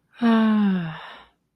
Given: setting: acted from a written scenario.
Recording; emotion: vocal sound without words; serenity